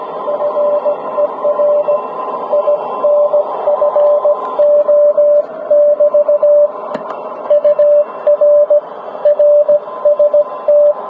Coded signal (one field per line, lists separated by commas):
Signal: Morse code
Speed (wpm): 18 wpm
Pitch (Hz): 590 Hz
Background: radio noise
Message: FER INFO<BT> UR RST